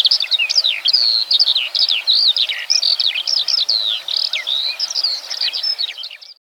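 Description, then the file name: Lark pouring out a fast, unbroken song of high twittering and warbled notes, steady and varied throughout before cutting off abruptly at the end. "Golosa ptic i zverei - Zhavoronok"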